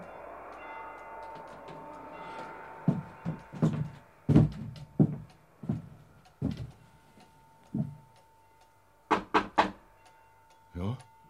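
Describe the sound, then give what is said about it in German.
Loud, irregular knocking on a door by a stranger: about a dozen sharp raps in uneven bursts and pairs, some heavier than others, over a faint steady hum. “So Klopfer ist bei mir nicht der Brauch.”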